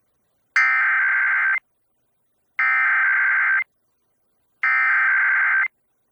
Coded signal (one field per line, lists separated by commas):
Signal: Emergency Alert System (SAME) tones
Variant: header bursts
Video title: EAS #1148-1149: 2 EAS Required Monthly Tests- Dec. 11, 2025- 12:15AM PST